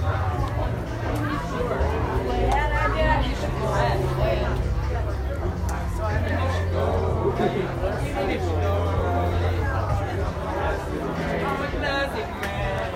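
At a silent disco, many voices overlap in a steady, crowded murmur, with no single speaker standing out. A low, muffled thumping hum runs underneath the whole time, and the level stays even throughout.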